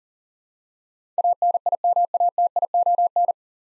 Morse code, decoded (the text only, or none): ANIMATION